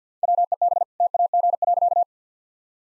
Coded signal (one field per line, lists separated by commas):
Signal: Morse code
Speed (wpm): 50 wpm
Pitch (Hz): 700 Hz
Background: none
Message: WEB TAG.